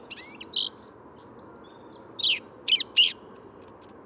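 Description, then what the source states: Song thrush song: varied short phrases of high whistles and harsh scratchy notes, some strokes repeated in quick clusters, over a steady low rumble of city noise. Sings in what looks like an ash directly above the recordist, beak seen opening with each note; Bois de Vincennes; 14 February 2019, 8–10:30 am; radiant, almost spring-like weather; Nagra Seven, Telinga pro7.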